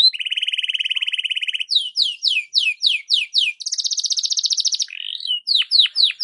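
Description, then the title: Canary song: a steady mid-pitched trill, a run of rising whistled sweeps, a higher rattling trill, then more sweeping whistles. Belgian canary song in the morning, for warming up Belgian canaries; suitable for masteran (tutoring other birds). "Canto Para Esquentar Canário Belga. SUARA BURUNG KENARI DI PAGI HARI COCOK BUAT MASTERAN"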